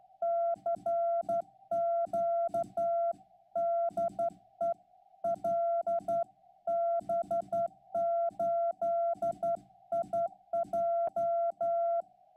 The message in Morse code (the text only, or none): CQ DE LB8IJ